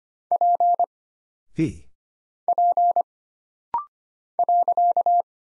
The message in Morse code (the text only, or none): P P .